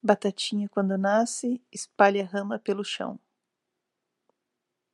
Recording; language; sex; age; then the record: short text; Brazilian Portuguese; female; 30 to 39 years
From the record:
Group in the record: control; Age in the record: 38 years